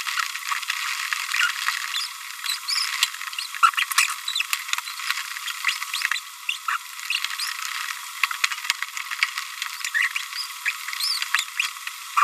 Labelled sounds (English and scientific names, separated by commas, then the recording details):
Green-rumped Parrotlet (Forpus passerinus) babbling
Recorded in a nest box in Venezuela
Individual 18B25A5